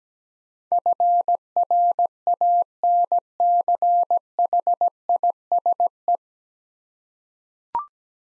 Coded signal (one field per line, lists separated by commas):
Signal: Morse code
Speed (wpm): 17 wpm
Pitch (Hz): 700 Hz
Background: none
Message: FRANCHISE